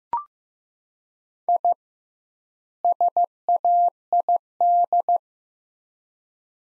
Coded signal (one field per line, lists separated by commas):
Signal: Morse code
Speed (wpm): 15 wpm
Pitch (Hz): 700 Hz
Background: none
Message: I SAID